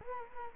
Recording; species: mosquito wingbeat signal from an infrared sensor; Culex quinquefasciatus